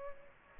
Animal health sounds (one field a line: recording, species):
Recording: mosquito wingbeat signal from an infrared sensor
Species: Aedes aegypti